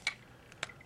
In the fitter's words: right into snapper there it doesn't want to hold it all that well